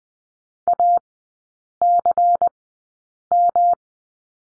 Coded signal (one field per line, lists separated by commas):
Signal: Morse code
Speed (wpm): 20 wpm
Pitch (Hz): 700 Hz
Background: none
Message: ACM